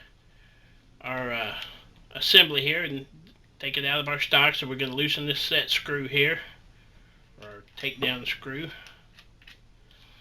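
Someone talks while taking down a Ruger 10/22 rifle, loosening a set screw and removing the takedown screw to take the action assembly out of its stock. Near the end, a few faint handling taps come as a metal part of the action, probably the bolt held open, is worked toward locking in the receiver. Nothing has locked or clicked into place yet.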